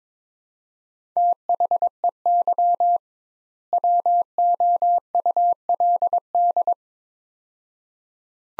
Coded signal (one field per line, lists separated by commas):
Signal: Morse code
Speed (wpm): 22 wpm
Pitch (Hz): 700 Hz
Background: none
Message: THEY WOULD